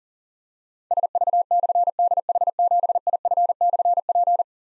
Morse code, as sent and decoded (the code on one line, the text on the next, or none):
... ...- -..-. -.. .... --... .. ..-. -..-. .--.
SV/DH7IF/P